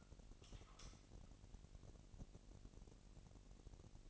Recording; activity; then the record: daily activity, microphone in the room; light on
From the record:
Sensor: 4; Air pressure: 1002.7 hPa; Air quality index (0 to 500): 248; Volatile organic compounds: 16 ppm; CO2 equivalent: 2560 ppm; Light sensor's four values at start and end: 6/14/5/6 and 7/16/6/7